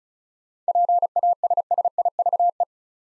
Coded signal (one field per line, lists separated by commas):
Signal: Morse code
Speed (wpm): 36 wpm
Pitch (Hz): 700 Hz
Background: none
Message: PASSIVE